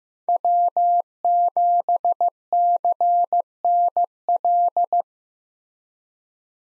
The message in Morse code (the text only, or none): W7CNL